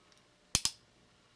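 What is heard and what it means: A stock screw on a Ruger 10/22 is turned backwards into the delicate threads of the rifle receiver until its thread start drops into place with a sharp click at 0.6 s. A second sharp click follows at 0.7 s, after a faint tick near 0.1 s. The screw is seated with its threads lined up, ready for tightening.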